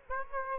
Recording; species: mosquito wingbeat signal from an infrared sensor; Aedes aegypti